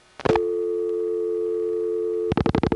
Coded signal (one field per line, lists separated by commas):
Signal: telephone call progress tone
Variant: North America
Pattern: dial tone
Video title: The Sounds of Long Distance pgm 8: DDD from Panel, 4M Dialpulsing, 1977 [re-upload corrects audio]